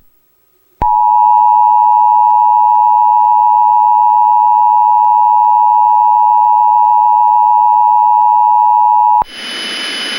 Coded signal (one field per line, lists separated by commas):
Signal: Emergency Alert System (SAME) tones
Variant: 853 and 960 Hz attention tone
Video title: EAS Recreation #2 - Severe Thunderstorm Warning